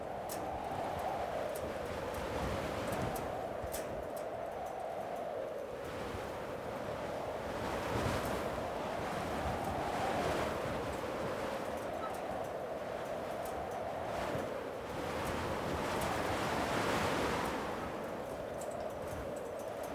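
Rough winter sea waves surge and crash in steady, rolling swells around a ship, its deck constantly doused with water, while a howling, cruel winter wind moans beneath them, its pitch rising and falling in long gusts. The roar stays loud and constant throughout.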